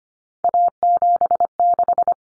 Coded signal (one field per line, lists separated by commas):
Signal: Morse code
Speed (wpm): 25 wpm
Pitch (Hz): 700 Hz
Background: none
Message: A76